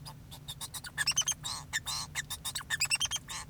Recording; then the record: song of a male Bengalese finch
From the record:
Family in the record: son of father 2